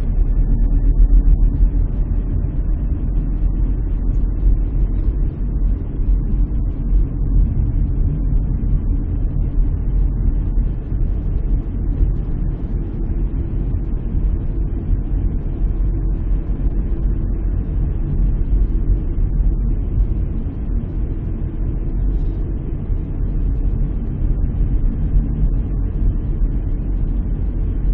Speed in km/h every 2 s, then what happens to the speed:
32, 33, 34, 33, 34, 35, 35, 35, 35, 35, 35, 34, 34, 33.
0-28 steady at about 34.